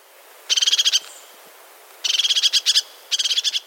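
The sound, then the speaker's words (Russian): A crested tit calls in three quick bursts of rapid, high-pitched purring trills, each under a second long, with short pauses between them and no voices. “Потому что меня всегда учили, что ржет еще хохлатая синица, это правда.”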